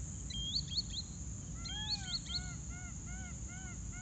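Green Sandpiper giving two quick series of high, upslurred whistles, with another bird repeating lower arched notes, all over a low steady rumble.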